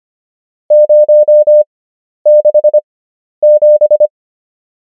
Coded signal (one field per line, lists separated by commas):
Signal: Morse code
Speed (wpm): 25 wpm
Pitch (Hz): 600 Hz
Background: none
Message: 067